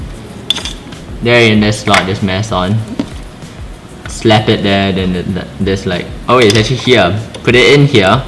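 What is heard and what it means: Someone talks while handling a small tuning weight at the weight slot on the underside of a Logitech G403 gaming mouse, where magnets hold the weight and pull it in. A brief sharp tap sounds at about 0.5 s amid the talking. Nothing has seated or clicked yet; the clip ends just before the weight snaps home.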